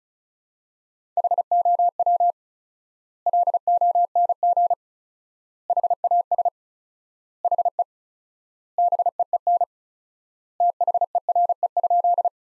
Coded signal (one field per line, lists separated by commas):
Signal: Morse code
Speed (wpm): 36 wpm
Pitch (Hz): 700 Hz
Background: none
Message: HOW LONG HAS HE BEEN THERE?